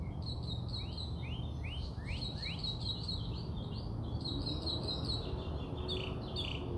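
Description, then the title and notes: Birds twittering with rapid high chirps and rising sweeps, overlapping notes throughout, over a steady low background hum. Birds singing outside the recordist's house. "Bird Songs Part Two. More bird songs outside my house"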